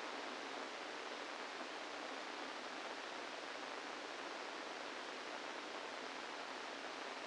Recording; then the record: brain microelectrode recording played as sound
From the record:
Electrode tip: inside the subthalamic nucleus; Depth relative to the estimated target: -1 mm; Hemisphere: right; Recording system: NeuroSet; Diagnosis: Parkinson's disease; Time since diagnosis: 8 years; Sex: male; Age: 65 years